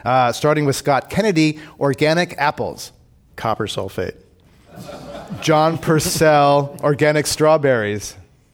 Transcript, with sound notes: Starting with Scott Kennedy, organic apples.
Copper sulfate.
[Laughter]
John Purcell, organic strawberries.